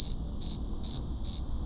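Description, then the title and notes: Cricket chirping, loud high pulsed chirps repeated about every 0.4 seconds over a faint low background hum. Several crickets on Cerro Gordo hill, León, Guanajuato, Mexico, 18 April 2019 at 9:19 p.m.; recorded with Tascam DR-05X built-in microphones and WS-11 windshield. "Grillos cercanos en el cerro gordo. Lomas del Madrono, Lomas del Campestre, Gto., Mexico. Close to some crickets at Cerro Gordo in Leon, Guanajuato. Mexico. I made this recording on April 18th, 2019, at 9:19 p.m"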